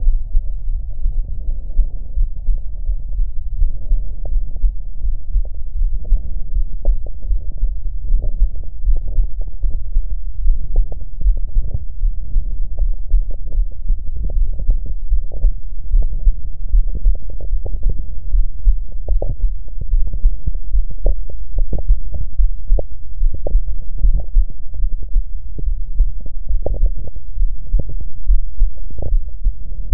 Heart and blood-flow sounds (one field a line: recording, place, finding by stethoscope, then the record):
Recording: heart sounds by stethoscope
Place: pulmonary valve (PV)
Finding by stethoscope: normal heart sounds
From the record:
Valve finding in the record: normal valve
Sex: female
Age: 27 years